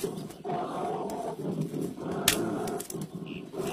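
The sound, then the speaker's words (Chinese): A bear roars angrily in a sustained, rumbling growl that swells and dips over several seconds, with a few sharp clicks and rustles breaking through. “熊大哥，别生气。往这儿看，蜂蜜，我这儿有蜂蜜，椴树蜜，可香了，可甜了，我放这儿了，你过来吃吧。”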